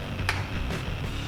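An auxiliary LED light rocker switch is handled at its hole in the plastic dash panel of a Ski-Doo snowmobile; the switch is meant to snap in, with its tabs grabbing the plastic from behind. A sharp handling tick sounds at about 0.3 s and a softer, brief rustle near 0.7 s over a steady low hum. Nothing has seated or clicked yet.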